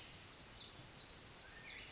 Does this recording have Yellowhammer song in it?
no